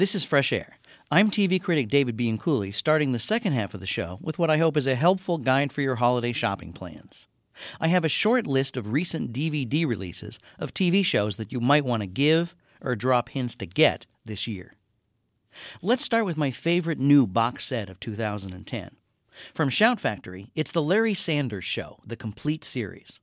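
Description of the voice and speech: One adult man speaks in a steady radio-style monologue with clear, well-voiced speech at a moderate pace. He pauses briefly between phrases. There are no blocks, repetitions, slurring or hoarseness, so this is ordinary fluent speech.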